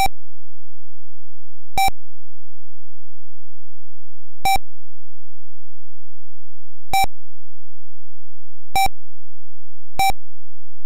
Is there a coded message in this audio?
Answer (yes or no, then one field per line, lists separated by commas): no